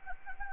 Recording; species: mosquito wingbeat signal from an infrared sensor; Anopheles gambiae